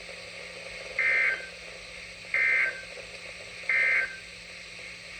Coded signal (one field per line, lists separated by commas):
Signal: Emergency Alert System (SAME) tones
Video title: EAS#259 Severe Thunderstorm Warning